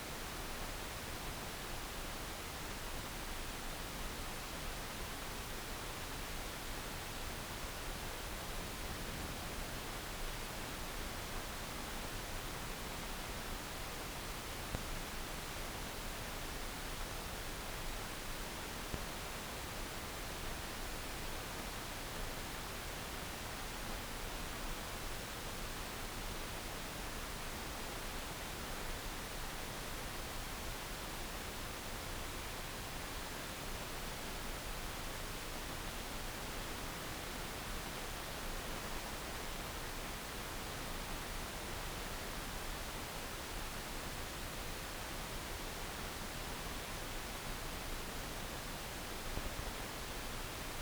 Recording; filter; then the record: brain microelectrode recording played as sound; wide band, above 20 Hz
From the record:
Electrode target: subthalamic nucleus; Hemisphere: left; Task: reaching with the right hand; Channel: 2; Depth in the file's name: 0.251 mm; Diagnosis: Parkinson's disease